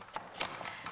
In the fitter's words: clicks into place